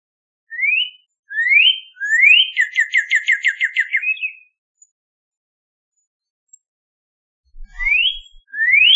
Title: Northern Cardinal